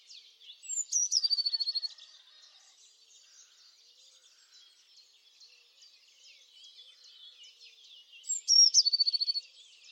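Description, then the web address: Bird call: a high whistle sliding down, then a fast trill, heard twice several seconds apart. "Deverinetal 2025. Bird Only"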